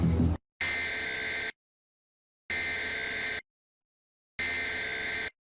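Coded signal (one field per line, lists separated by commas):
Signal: Emergency Alert System (SAME) tones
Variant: header bursts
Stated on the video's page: EAS alerts, all of them tests.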